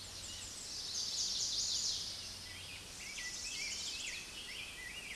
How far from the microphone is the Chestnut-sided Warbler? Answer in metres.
about 30 m